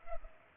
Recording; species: mosquito wingbeat signal from an infrared sensor; Culex pipiens